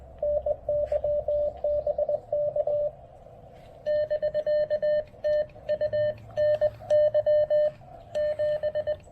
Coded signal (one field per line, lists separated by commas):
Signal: Morse code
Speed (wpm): 20 wpm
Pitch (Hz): 590 Hz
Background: radio noise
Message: NY BK <BK> TU NY 7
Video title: POTA at Fort Dobbs: Testing a BCI filter (and--whoops!--depleting a battery) with the Xiegu G106